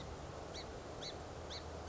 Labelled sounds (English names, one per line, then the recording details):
Song Sparrow
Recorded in Sonoma County, California